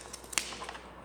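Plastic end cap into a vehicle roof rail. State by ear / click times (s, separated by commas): seated / 0.4 s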